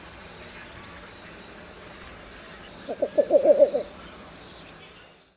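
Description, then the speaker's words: Least Bittern cooing: a single brief series of rapid, low, soft coo notes lasting under a second. Male giving a soft, subdued cooing song from a concealed location to attract mates; wetland bird. "The male gives a soft cooing call from a concealed location in order to attract its mates."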